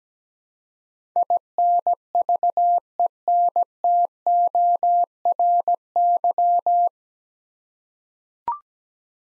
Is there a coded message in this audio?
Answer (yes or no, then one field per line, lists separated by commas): yes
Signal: Morse code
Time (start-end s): 1.2-6.9 s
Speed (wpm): 17 wpm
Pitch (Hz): 700 Hz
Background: none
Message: INVENTORY